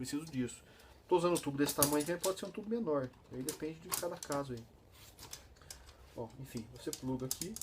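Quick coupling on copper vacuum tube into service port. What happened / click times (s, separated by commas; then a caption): Fitting handled, not yet seated on the port / none. Someone talks while plugging the quick coupling of a copper vacuum tube by hand, with no wrench, onto a service port of the refrigeration system or Testo 557 digital manifold for vacuum work. A few short, sharp knocks sound around 5.3 to 5.7 s. The part is handled but nothing has seated or clicked yet.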